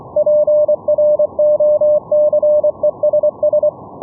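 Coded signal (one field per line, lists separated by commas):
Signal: Morse code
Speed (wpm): 24 wpm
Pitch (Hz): 600 Hz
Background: none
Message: PROCESS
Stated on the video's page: Live demo of a VLF CW net: operators send CW from keying software at 1–20 kHz to a Raspberry Pi server that relays it via pickup coils.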